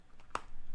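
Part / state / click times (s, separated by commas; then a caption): screw lid on protein shaker bottle / seated / 0.4 s. The plastic screw lid of a protein shaker bottle is turned until it is fully closed. A faint sound at 0.2 s is followed by a sharp, bright click at 0.4 s as the lid seats completely, the final click that signals the shaker is tightly sealed.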